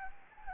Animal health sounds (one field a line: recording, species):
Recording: mosquito wingbeat signal from an infrared sensor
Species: Anopheles gambiae